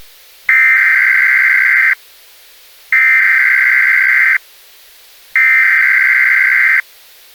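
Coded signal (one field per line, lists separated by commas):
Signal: Emergency Alert System (SAME) tones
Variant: header bursts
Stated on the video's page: Fictional EAS scenario, not a real alert.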